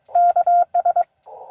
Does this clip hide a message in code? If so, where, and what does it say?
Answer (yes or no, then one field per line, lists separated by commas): yes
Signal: Morse code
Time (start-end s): 0.2-1.0 s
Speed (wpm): 22 wpm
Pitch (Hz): 690 Hz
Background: none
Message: KS